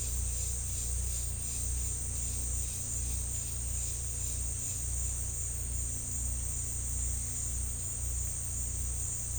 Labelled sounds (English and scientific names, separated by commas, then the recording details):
none
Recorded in dense forest near Puerto Asís, Putumayo, Colombia, on 16 December 2024 at 14:30
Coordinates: 0.467, -76.328
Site GP05